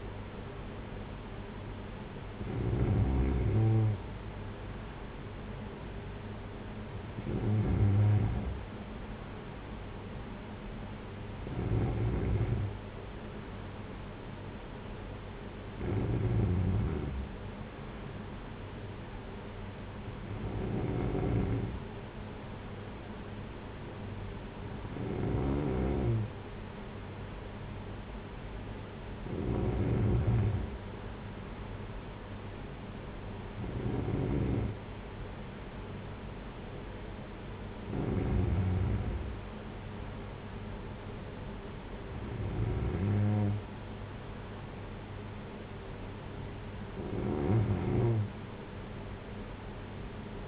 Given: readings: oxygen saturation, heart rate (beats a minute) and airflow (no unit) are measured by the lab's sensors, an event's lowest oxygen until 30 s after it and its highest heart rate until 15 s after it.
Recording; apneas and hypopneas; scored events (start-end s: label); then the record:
breathing in sleep by a voice recorder at the bedside; none
none scored
From the record:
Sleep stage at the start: N2 (light sleep); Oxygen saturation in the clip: 94 to 95%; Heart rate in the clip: 51 to 60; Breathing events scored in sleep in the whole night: 226 in 8.8 hours asleep